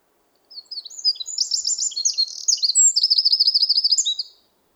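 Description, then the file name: Eurasian wren sings a quick, shrill series of chattering notes, then a long, even, rapidly pulsing trill, and closes with a few high notes. "Troglodytes troglodytes"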